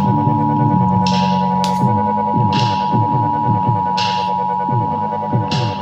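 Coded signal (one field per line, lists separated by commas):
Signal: Emergency Alert System (SAME) tones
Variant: 853 and 960 Hz attention tone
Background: music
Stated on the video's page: Emergency Broadcast System intro sampled on a music cassette track.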